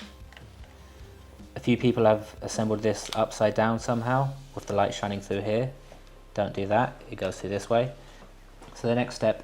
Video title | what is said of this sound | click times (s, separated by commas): Designing a Kumiko-Inspired 3D-Printed Lamp | and then just locks into place. | 0.3 s, 0.4 s